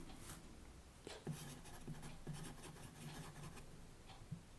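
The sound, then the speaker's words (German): A pen scratches across paper, writing a note in a string of short, uneven strokes, soft and dry, with a faint low hum running underneath. “Hoffentlich findet nicht einer meinen Zettel, wo ich darauf schreibe, ich liebe es zu töten.”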